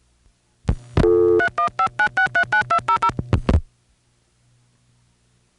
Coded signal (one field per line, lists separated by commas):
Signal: DTMF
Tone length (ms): 90 ms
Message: 3159639200